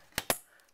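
A stock CPU cooler's plastic push pin is pushed down through a motherboard mounting hole, sticking at first and needing extra force. Two sharp clicks sound at 0.2 s and 0.3 s, followed by a faint tick near 0.7 s. The push pin is seated in the board.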